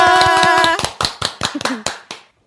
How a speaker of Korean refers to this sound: 그럼 시작해요? 자, 박수. 박수.